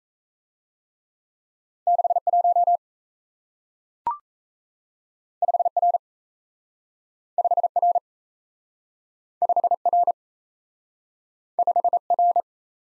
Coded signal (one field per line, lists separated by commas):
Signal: Morse code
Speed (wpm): 38 wpm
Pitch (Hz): 700 Hz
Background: none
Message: 61 5R 5R 5R 5R